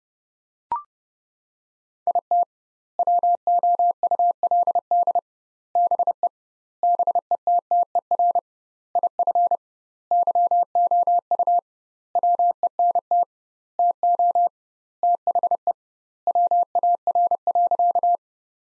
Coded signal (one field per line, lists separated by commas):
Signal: Morse code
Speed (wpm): 30 wpm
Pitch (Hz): 700 Hz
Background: none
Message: IT WOULD BE BETTER IF YOU WENT TO THE WAR.